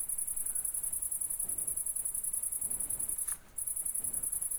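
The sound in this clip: Cricket chirping: a steady, very high pulsed trill running almost without a break, briefly pausing once, over faint low background noise.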